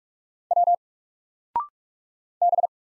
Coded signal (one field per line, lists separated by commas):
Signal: Morse code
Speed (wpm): 47 wpm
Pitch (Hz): 700 Hz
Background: none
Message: W B